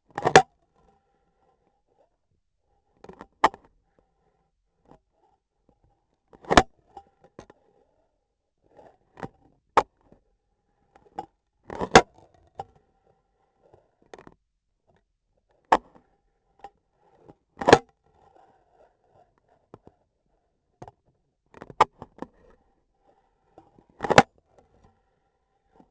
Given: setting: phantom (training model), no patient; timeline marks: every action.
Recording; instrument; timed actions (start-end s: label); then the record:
laparoscopic instrument, vibration sensor on the handle end; scissors
0.00-0.58 s: cutting foam
2.57-4.53 s: scissors opening
6.23-6.82 s: cutting foam
9.65-10.26 s: scissors opening
11.59-12.52 s: cutting foam
15.34-16.25 s: scissors opening
17.47-18.01 s: cutting foam
21.42-22.62 s: scissors opening
23.54-24.98 s: cutting foam
From the record:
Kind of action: gesture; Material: foam